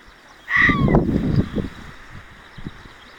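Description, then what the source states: Fox giving a single short, hoarse harmonic bark, followed by about a second of low rustling and thumping sounds, then quieter scattered knocks. Recorded 6 June 2024.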